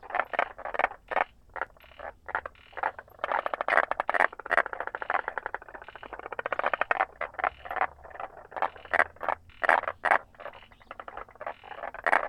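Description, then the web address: Frogs croaking in a dense chorus: rapid pulsed, rattling croaks repeated many times, several overlapping in steady trains of clicks throughout. Recorded 6 April 2019. "frog rec 18-20 20190406"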